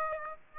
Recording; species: mosquito wingbeat signal from an infrared sensor; Aedes aegypti